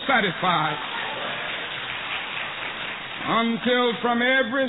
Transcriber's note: applause